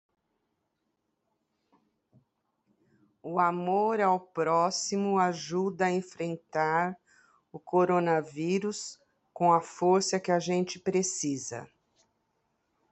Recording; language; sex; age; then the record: spoken sentence; Brazilian Portuguese; female; 60 to 69 years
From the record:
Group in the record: control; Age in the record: 68 years